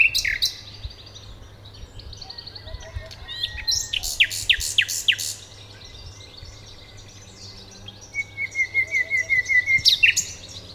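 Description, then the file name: Common nightingale song with rich, rapid phrases of chirps and trills, a pause, then a loud series of repeated whistled notes near the end. "Luscinia megarhynchos"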